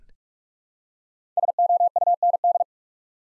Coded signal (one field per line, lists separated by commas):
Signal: Morse code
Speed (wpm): 44 wpm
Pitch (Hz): 700 Hz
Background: none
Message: SOUND